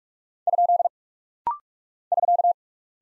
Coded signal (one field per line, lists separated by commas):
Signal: Morse code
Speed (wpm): 46 wpm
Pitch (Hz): 700 Hz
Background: none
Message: ? <SK>